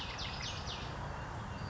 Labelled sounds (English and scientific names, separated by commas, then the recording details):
Western Flycatcher (Empidonax difficilis)
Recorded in Sonoma County, California